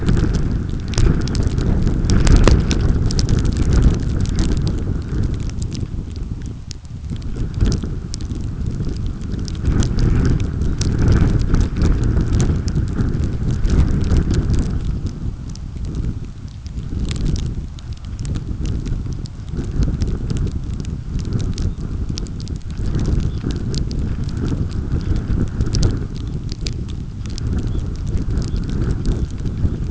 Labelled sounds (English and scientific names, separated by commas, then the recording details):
unidentified sound, Red Phalarope (Phalaropus fulicarius)
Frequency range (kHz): Red Phalarope (Phalaropus fulicarius) 2.6-4.2 kHz
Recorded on Arctic tundra, site UTQI-5, on 29 June 2018
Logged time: 02:00